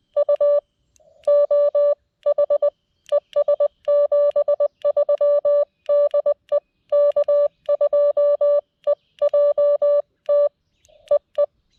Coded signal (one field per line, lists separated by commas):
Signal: Morse code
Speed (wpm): 20 wpm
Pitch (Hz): 590 Hz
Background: none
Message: U OH ES 73 DE K2EJT EE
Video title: CW POTA at K-5012 with the Lab599 Discovery TX-500 and Gabil GRA-7350TC antenna